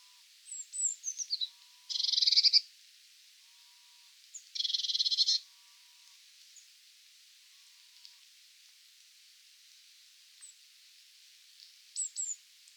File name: Cyanistes caeruleus